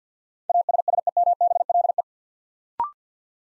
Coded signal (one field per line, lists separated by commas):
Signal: Morse code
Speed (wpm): 50 wpm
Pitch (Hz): 700 Hz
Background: none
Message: ASSEMBLE